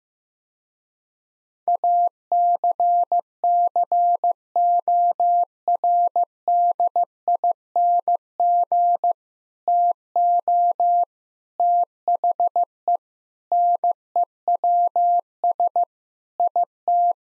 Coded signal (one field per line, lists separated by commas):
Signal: Morse code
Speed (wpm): 15 wpm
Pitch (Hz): 700 Hz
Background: none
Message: ACCORDING TO THE NEWS IT